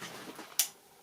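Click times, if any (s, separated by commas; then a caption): 0.6 s. A lens or adapter ring is placed on the bayonet mount of a Canon 600D or 750D camera body and turned until it locks. Faint handling rustle leads into one sharp, bright click at 0.6 s, followed by a much softer tick near 1.0 s. The mount has seated and is locked in place.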